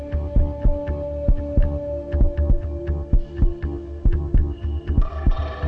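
Normal adult heartbeat at about 65 beats per minute, with steady low-pitched thumps; the sound comes from the four heart valves opening and closing forcefully, not from the heart muscle contracting and relaxing.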